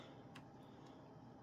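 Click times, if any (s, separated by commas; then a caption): none. An older plastic vacuum attachment is pushed onto another vacuum's wand, giving a short sharp tick at about 0.4 s and fainter ticks near 0.6 s and 0.9 s over a steady background hiss. The attachment only partly fits because the small click-lock latch gets in the way, so nothing has seated or clicked yet.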